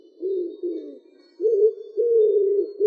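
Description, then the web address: Common wood pigeon cooing in low, soft hooting phrases, two shorter coos followed by longer, stronger ones. "Columba palumbus"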